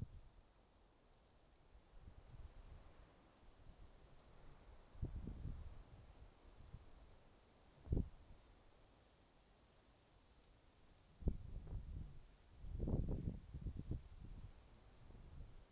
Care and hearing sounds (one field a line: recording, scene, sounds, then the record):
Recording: everyday scene through a hearing-aid microphone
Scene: wind on the microphone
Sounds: wind, traffic, birds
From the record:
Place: suburban garden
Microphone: in the ear canal, right